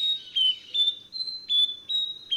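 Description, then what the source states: Nightingale Wren song: clear, high whistled notes in quick succession, each slightly different in pitch, some level and some sliding down, over a quiet background. Out-of-tune whistled song.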